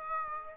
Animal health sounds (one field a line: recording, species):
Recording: mosquito wingbeat signal from an infrared sensor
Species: Aedes aegypti